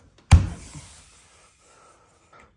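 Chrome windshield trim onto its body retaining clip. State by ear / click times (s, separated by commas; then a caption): not seated / none. A section of chrome windshield trim on a 1971 Dodge Charger is whacked to push it onto its body retaining clip, giving one sharp, slam-like hit at 0.3 s that rings down over about a second, a smaller thump near 0.8 s, and a faint tap near 2.4 s. The trim has not seated and no click is heard; it will not set properly.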